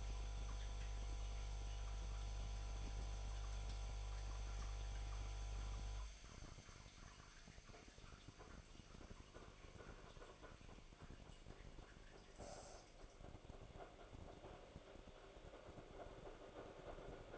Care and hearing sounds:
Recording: daily activity, microphone in the room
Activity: make coffee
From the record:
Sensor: 5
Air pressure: 1002.1 hPa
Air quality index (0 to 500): 220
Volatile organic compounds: 26 ppm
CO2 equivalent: 2862 ppm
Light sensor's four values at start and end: 10/24/10/11 and 10/24/10/11

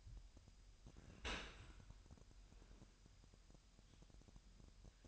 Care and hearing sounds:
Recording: daily activity, microphone in the room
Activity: open dishwasher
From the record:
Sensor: 2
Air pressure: 998.0 hPa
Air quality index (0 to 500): 149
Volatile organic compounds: 4 ppm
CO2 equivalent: 1687 ppm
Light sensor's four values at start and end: 10/29/11/11 and 10/29/11/11

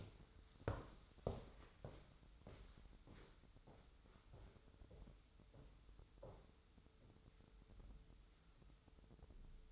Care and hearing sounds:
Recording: daily activity, microphone in the room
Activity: walk to room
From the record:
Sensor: 3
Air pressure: 988.2 hPa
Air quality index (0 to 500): 174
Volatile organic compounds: 144 ppm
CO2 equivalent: 3995 ppm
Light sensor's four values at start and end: 24/74/31/27 and 24/75/31/27

